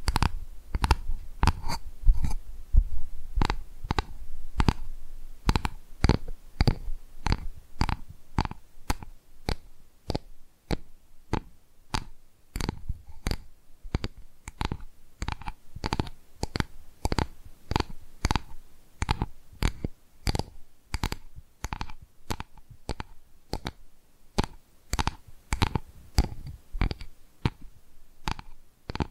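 ASMR tapping: a steady run of crisp, sharp taps, roughly two or three per second, continuing for the whole clip. Each tap is a short click with a bright top and a light thud beneath. Some low rumbling sits under the first few seconds, then fades.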